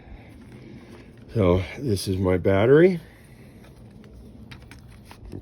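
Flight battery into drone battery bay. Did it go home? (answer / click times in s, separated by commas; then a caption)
yes / 4.5 s, 4.7 s. Someone talks briefly, then a flight battery is pushed fully into the battery bay of a DJI FPV drone. Two sharp snaps at 4.5 s and 4.7 s mark the battery seating in place.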